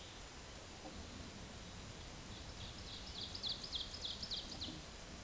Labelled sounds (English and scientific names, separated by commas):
Ovenbird (Seiurus aurocapilla) song